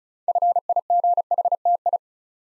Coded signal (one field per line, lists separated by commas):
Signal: Morse code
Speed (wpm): 36 wpm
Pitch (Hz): 700 Hz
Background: none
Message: FIGHTI